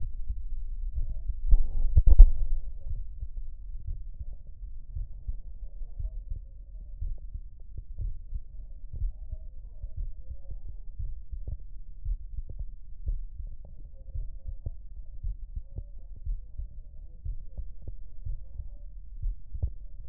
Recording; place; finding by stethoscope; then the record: heart sounds by stethoscope; mitral valve (MV); normal heart sounds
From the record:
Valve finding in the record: mitral regurgitation, grade 0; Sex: male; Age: 38 years